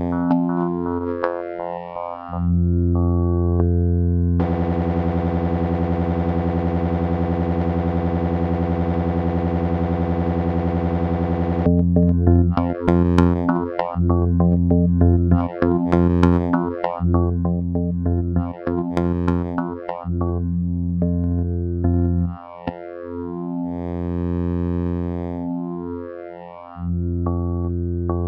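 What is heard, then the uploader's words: A low vactrol drone tone holds a thick, buzzing stack of pitches throughout. From about 4 to 12 seconds it sits steady and bright; afterward it is chopped by rapid dropouts and sweeping, warbling filter movements, easing into a smoother swell near the end. Vactrol Drone Tones.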